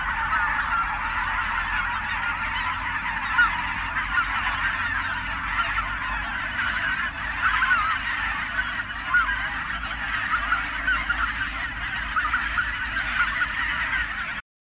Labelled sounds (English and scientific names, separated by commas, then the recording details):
Greater White-fronted Goose (Anser albifrons) call
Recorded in the wild
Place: Zingst, Insel Kirr, Mecklenburg-Vorpommern, DE
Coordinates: 54.745, 12.745
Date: 1978-10-18
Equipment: Nagra III BH, Sennheiser MD 29
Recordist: Schubert, Michael
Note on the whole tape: Bläßgänse im Abflug